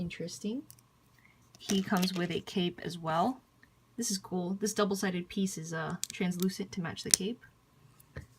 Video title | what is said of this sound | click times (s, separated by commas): LET'S BUILD - Ionix Tenkai Knights Tenkai Action Pack | clicks into place and clicks on to here on the back of him and | 8.0 s